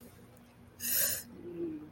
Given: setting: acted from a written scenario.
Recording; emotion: vocal sound without words; shame